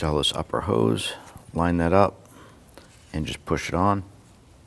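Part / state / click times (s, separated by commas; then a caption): upper coolant hose fitting onto thermostat housing / not seated / none. On a 2009–2017 Volvo XC60 3.2L L6, the upper radiator hose's quick-connect fitting is lined up with the outlet of the plastic thermostat housing and pushed on while someone talks. Faint handling sounds are heard, but nothing has seated or clicked yet.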